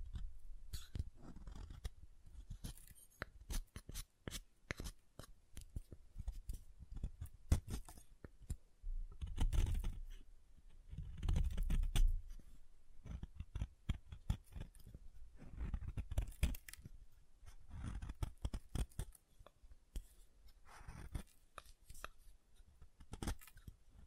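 Soap being tapped and carved, with a dense run of sharp clicks and taps scattered irregularly across the whole stretch. Between the taps come short scraping, cutting passes with a low rumble, heaviest around 9 to 13 seconds and again near 16 and 22 seconds.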